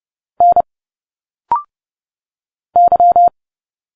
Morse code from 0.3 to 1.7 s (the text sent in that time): N